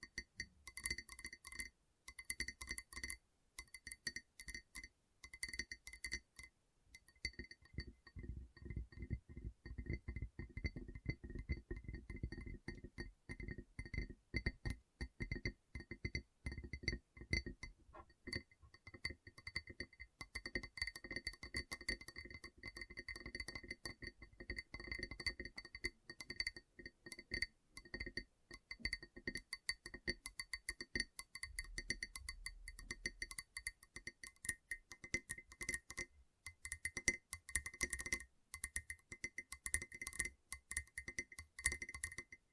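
Gentle tapping in quick, dense runs of light clicks, with a glassy, ringing quality that sustains bright tones throughout. Around ten to eighteen seconds the taps gain a fuller, deeper thud, and there are brief pauses near seven and thirty-five seconds before the tapping resumes.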